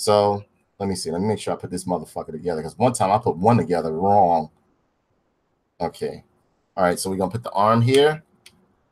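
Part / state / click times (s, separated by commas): action figure arm into torso / seated / 8.5 s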